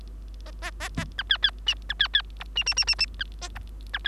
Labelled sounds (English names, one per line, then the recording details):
Bengalese Finch song
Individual Bird3